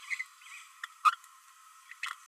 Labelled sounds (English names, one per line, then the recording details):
Green-rumped Parrotlet babbling
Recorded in a nest box in Venezuela
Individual 18B12A2